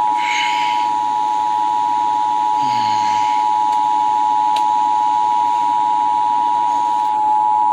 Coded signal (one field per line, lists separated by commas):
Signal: Emergency Alert System (SAME) tones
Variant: 853 and 960 Hz attention tone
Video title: Tornado Warning on NJPBS (EAS #46)